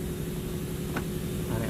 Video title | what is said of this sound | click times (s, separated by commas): Hyundai sonata / kia Optima low and high beam bulb replacement | you want to rotate clockwise lock | 1.0 s